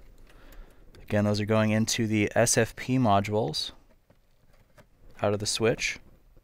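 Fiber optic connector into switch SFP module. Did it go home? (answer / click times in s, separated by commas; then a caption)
no / none. A fiber optic cable connector is handled near an SFP module in a network switch while someone talks, with a few faint ticks early on. Nothing has seated or clicked yet.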